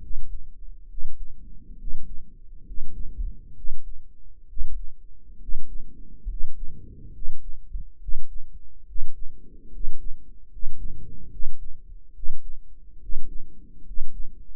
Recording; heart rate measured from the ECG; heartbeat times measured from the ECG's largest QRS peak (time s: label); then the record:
heart sounds by microphone in the right ear; 69 bpm
0.87 s: heartbeat
1.76 s: heartbeat
2.63 s: heartbeat
3.54 s: heartbeat
4.46 s: heartbeat
5.38 s: heartbeat
6.26 s: heartbeat
7.11 s: heartbeat
7.98 s: heartbeat
8.84 s: heartbeat
9.69 s: heartbeat
10.48 s: heartbeat
11.29 s: heartbeat
12.12 s: heartbeat
12.98 s: heartbeat
13.83 s: heartbeat
From the record:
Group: healthy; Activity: rest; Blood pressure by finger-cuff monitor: 110/70 mmHg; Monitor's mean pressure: 80 mmHg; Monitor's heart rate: 67 bpm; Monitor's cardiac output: 6.4 L/min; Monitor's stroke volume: 91 mL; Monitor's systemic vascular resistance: 940 dyn s/cm5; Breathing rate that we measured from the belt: 15 breaths a minute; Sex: male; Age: 23 years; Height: 178 cm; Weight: 96.6 kg